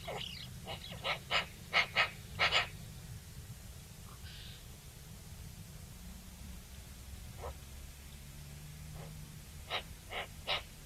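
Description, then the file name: Eurasian magpie chattering: a quick run of harsh, scratchy notes at the start, then a few faint notes, and three more harsh notes near the end. "Pica pica"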